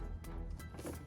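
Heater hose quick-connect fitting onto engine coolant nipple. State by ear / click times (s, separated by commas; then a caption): not seated / none. A heater hose with a plastic quick-connect fitting and O-rings is handled at the stainless coolant nipple of a 7.3 Powerstroke engine. Two brief broadband knocks at about 0.3 s and 0.6 s rise over steady music-like tonal sound and low rumble. Nothing has seated or clicked yet.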